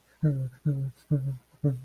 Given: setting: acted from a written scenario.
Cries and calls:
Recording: vocal sound without words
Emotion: fear

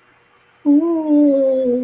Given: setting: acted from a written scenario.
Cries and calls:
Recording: vocal sound without words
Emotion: embarrassment

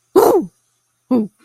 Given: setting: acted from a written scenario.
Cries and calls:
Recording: vocal sound without words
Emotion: triumph

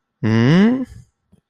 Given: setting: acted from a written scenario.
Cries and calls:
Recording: vocal sound without words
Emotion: realization

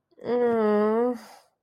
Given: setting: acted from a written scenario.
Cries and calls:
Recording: vocal sound without words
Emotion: embarrassment

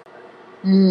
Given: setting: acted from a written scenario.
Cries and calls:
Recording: vocal sound without words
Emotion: neutral

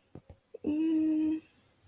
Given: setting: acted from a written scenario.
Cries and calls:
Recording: vocal sound without words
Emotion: fear

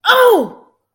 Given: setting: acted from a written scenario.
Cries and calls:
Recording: vocal sound without words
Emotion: pain

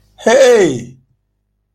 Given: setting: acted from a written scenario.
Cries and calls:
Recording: vocal sound without words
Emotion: negative surprise

